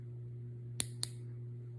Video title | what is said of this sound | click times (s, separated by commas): Dexcom G6 Insertion | there was the two clicks so my new transmitter or | 0.8 s, 1.0 s